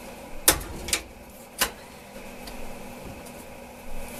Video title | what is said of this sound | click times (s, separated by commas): Washer No Agitation DIY Repair - Motor coupler and agitator dogs | and you should hear it pop up. | 0.5 s